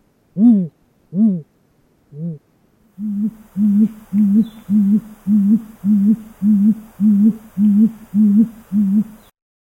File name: Great Gray Owl